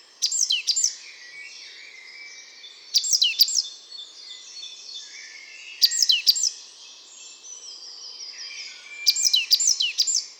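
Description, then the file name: Great tit repeating brief bursts of sharp, high chipping and descending notes about every three seconds, with quieter high twitters between. "Parus major"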